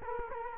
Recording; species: mosquito wingbeat signal from an infrared sensor; Culex quinquefasciatus